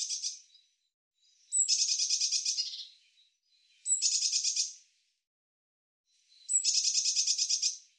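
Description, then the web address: Bird song: a high, buzzy, rapidly pulsed trill phrase, repeated about every two to three seconds, most phrases opening with a sharp note, against a quiet background. "Deverinetal"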